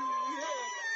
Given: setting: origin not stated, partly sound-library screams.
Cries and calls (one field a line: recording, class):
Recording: one-second piece from a danger detection set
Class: woman in danger